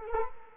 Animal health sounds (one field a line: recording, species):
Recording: mosquito wingbeat signal from an infrared sensor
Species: Culex quinquefasciatus